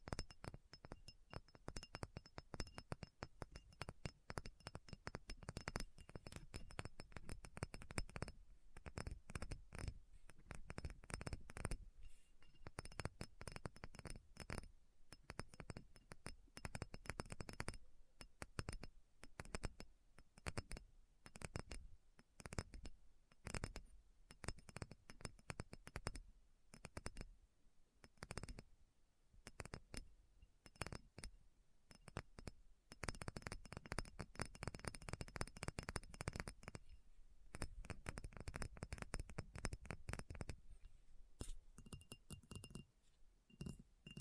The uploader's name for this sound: ASMR Addictive Tapping